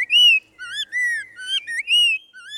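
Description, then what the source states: Spot-breasted Oriole singing rich, clear whistles, slurred notes rising and dropping in a short varied phrase. Found in suburban neighborhoods around southeast Florida; introduced to Florida from Central America in the 1940s.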